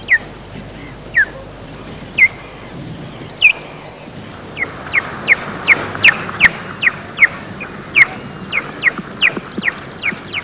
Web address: pandion haliaetus